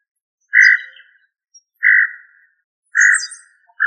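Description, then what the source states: Quail calls: short harsh notes around mid pitch, each trailing off, repeated roughly every second. Family Tinamidae; local name Puyuh.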